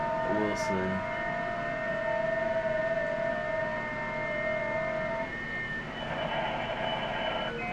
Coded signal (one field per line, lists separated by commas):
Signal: FT8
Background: speech